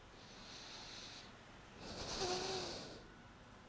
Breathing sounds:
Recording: one breath in and out by a microphone near the nose and mouth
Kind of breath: deep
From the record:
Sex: male

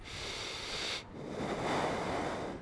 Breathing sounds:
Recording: one breath in and out by a microphone near the nose and mouth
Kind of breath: deep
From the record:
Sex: male

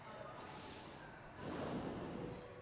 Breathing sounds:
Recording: one breath in and out by a microphone near the nose and mouth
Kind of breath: normal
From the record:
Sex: male

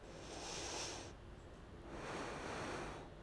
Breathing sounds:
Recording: one breath in and out by a microphone near the nose and mouth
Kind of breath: deep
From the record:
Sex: female

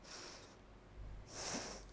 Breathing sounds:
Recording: one breath in and out by a microphone near the nose and mouth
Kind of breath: deep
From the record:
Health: marked as sick, illness not named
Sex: female

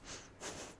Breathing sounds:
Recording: one breath in and out by a microphone near the nose and mouth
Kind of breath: strong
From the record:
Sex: female

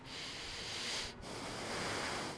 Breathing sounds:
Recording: one breath in and out by a microphone near the nose and mouth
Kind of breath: deep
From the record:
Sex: male

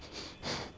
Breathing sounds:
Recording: one breath in and out by a microphone near the nose and mouth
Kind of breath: strong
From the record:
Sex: male

